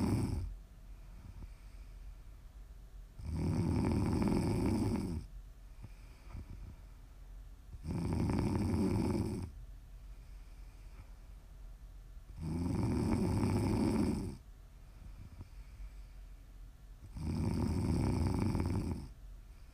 Please enjoy some prime ASMR snoring 💛 You can listen to sleep, to relax, to wind down, whatever you want.